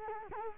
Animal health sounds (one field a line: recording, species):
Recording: mosquito wingbeat signal from an infrared sensor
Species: Culex quinquefasciatus